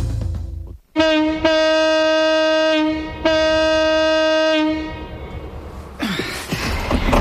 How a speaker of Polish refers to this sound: Po co trąbisz? Przecież to parking.